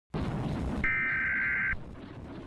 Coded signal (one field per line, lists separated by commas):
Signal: Emergency Alert System (SAME) tones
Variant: header bursts